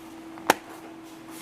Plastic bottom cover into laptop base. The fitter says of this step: press it down firmly until it snaps all the way around just like